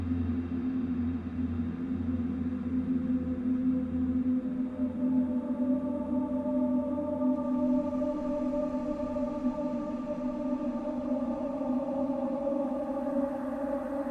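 A steady, low humming drone fills the cave with a constant wash of rumble beneath it. Around the midpoint, higher sustained tones rise in and layer over the hum, thickening the sound. Loudness stays even throughout, with no sharp events.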